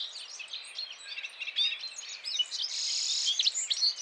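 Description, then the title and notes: Citril finches: high, dense twittering with overlapping chirps and a harsh buzzy trill in the second half, several birds singing at once. Males singing in a flock before females, end of winter, 17 March 2017, Vallon de Combeau, Drôme, France, mountains; recorded with Nagra Seven and Telinga P7. "Printemps de Venturon. 17 mars 2017-Vallon de Combeau - Drôme. le chant du Venturon montagnard ( Serinus citrinella)"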